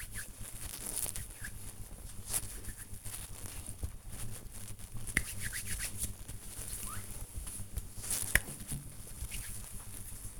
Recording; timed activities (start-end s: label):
household activities, microphone on the right wrist
0.00-8.91 s: cream hands